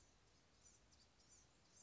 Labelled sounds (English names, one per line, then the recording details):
Blue-gray Gnatcatcher
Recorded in Sonoma County, California